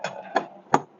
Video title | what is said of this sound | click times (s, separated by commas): 2023 Winnebago Solis 59P orientation | and they lock into place | 0.7 s